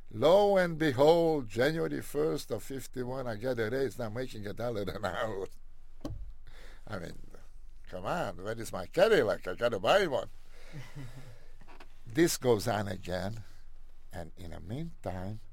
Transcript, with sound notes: Lo and behold, January 1 st of '51 I get a raise and I'm making a dollar an hour. All right. Come one, where is my Cadillac? I got to buy one. (laughs) This goes on again and in the meantime,